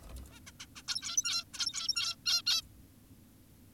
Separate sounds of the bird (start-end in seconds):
0.32-0.40, 0.47-0.52, 0.60-0.66, 0.76-0.82, 0.88-1.44, 1.54-2.16, 2.26-2.42, 2.47-2.62